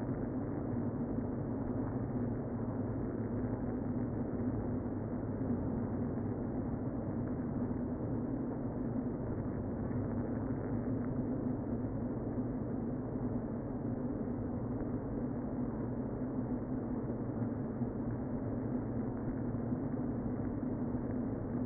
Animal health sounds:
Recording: honeybee colony, microphone inside the hive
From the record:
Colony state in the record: queen present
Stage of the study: before two queens were removed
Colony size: about 60,000 bees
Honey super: yes

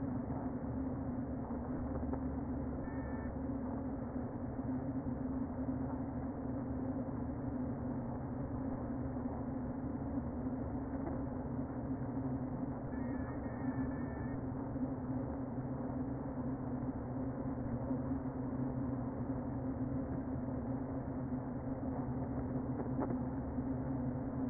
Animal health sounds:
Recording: honeybee colony, microphone inside the hive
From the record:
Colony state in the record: queen present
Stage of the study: before two queens were removed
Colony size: about 60,000 bees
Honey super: yes

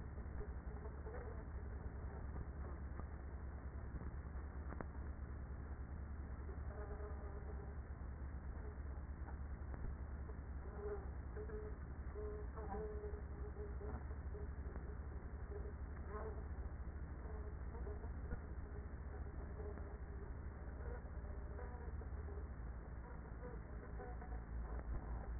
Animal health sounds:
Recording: honeybee colony, microphone inside the hive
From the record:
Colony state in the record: queenless with a low population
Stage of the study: after two queens were removed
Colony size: about 30,000 bees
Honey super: no

